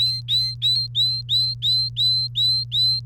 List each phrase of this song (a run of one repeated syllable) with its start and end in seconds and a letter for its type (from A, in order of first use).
0.00-3.05 A